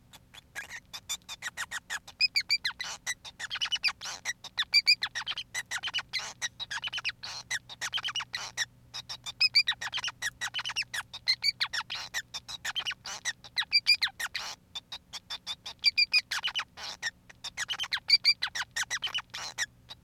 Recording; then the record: song of a male Bengalese finch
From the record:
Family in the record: son of father 5